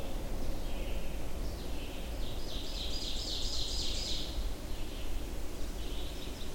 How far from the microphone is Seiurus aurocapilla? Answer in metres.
about 50 m